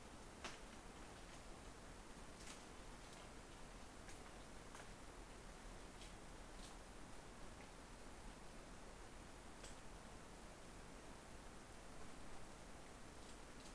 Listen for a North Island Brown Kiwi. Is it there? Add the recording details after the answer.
no. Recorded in New Zealand on 16 November 2013. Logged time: 21:44. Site BS16